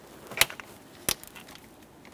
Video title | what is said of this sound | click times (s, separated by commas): How to Replace Intake Gaskets 2011-2020 Toyota Sienna 3.5L V6 | We'll just press that in, listen for a click, of course. | 1.1 s